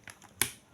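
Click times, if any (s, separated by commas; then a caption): 0.4 s. A plastic RCA/AV wiring harness connector, its locking tab facing up, is pushed into the socket on an Android car head unit. Two faint ticks at about 0.1 and 0.2 s come before a single sharp, loud click at 0.4 s, which quickly fades. The connector clicks in and is seated.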